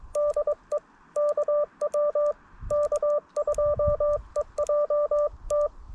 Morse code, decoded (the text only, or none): DE KW K2EJT